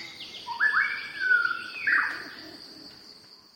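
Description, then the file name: White-rumped shama song: one rich whistled phrase with gliding notes and a slurred ending, a faint high insect hum behind. "shama-song listening-earth"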